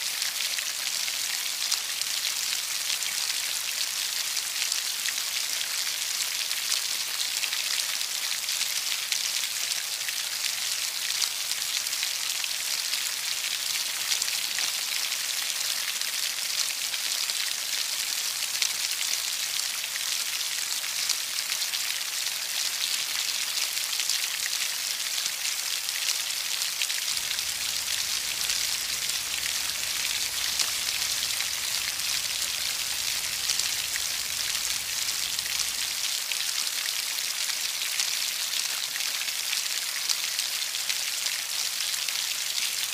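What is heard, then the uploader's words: Steady rain drops fall in a dense, even hiss that stays bright and constant for the whole recording. From about 27 to 36 seconds a soft low rumble rises underneath, like distant thunder, then fades, leaving the rain unchanged. Nighttime Rain. Soothing rain drops, distant thunder, and gentle breeze.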